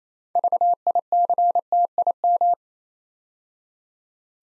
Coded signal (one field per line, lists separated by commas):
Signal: Morse code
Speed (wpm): 28 wpm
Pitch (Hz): 700 Hz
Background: none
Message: VICTIM